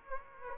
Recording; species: mosquito wingbeat signal from an infrared sensor; Aedes aegypti